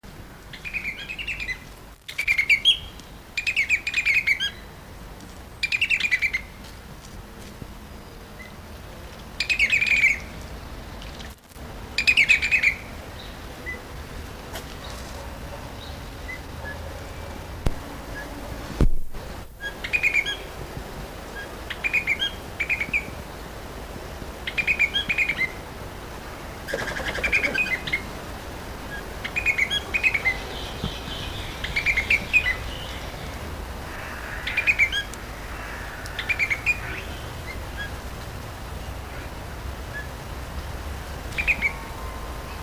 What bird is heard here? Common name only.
Collared Grosbeak